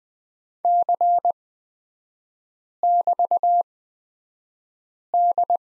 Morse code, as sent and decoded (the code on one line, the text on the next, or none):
-.-. -...- -..
C<BT>D